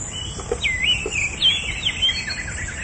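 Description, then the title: Oriental magpie-robin song: a rich, varied whistled phrase with rising and falling warbles over steady background noise. Chirping song. "Kicau Kacer"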